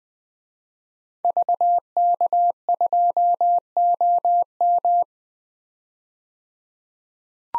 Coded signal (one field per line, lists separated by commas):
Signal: Morse code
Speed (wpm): 20 wpm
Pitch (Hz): 700 Hz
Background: none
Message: VK2OM